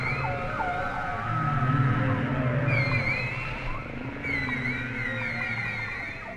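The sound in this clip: Whale song with long wavering whistled tones and low moaning hums, with a few high gliding calls over a steady rumble.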